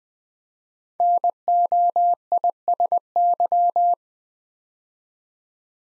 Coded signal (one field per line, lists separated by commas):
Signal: Morse code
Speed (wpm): 20 wpm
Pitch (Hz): 700 Hz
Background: none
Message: NOISY